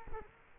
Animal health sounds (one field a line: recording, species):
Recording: mosquito wingbeat signal from an infrared sensor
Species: Culex quinquefasciatus